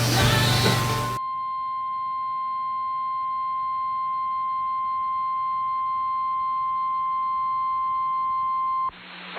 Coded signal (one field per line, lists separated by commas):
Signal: Emergency Alert System (SAME) tones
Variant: 1050 Hz attention tone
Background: music